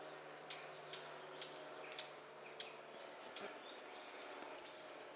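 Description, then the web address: Eurasian blackcap tack calls: several sharp clicking notes, fading toward the end, over a quiet hiss. "SETE data Sylvia atricapilla"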